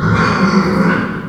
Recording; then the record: squeal of a Yucatan mini pig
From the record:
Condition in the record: after surgery on the right vocal fold (resection and tissue-engineered implant); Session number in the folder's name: 15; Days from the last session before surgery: 175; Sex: female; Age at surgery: 19 weeks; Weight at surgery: 25 kg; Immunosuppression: prednisolone